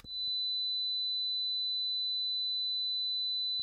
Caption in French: Les oreilles sifflent. Insupportable, ce sifflement. C'est ce qu'on appelle un acouphène. Certaines personnes peuvent l'entendre plusieurs heures d'affilée, voire même en permanence dans les cas les plus graves. Ce bruit est le signe que vos oreilles sont endommagées.